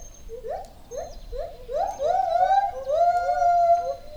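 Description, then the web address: White-handed gibbon song, with short rising notes building into long, loud, sliding whoops that swoop upward and hold. Captive individual in a zoo in Debrecen, Hungary, 2012; solo song; recorded with a Marantz recorder and shotgun microphone. "debrecenizoo 2012 premium feherkezugibbon"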